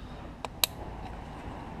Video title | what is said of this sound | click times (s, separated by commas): Dodge Dart MADNESS - Magneti Marelli ECU Installtion | as well as on this one press the safety lock back in | 0.6 s